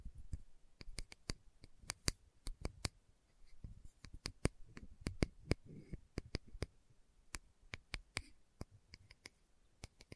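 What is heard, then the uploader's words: Slow tapping of crisp, sharp clicks at an uneven pace, roughly three per second, over soft low rustling and faint handling sounds. ASMR Slow Tapping for Deep Sleep (No Talking).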